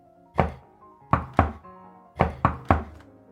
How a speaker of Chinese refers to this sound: 在距离约好时间还有10分钟的时候，他站在502房间门口敲响了那扇房门。